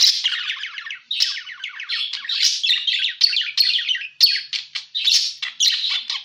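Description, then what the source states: A parakeet chatters in busy bursts of scratchy, squeaky notes, each burst separated by brief pauses. Lure sound used for catching birds.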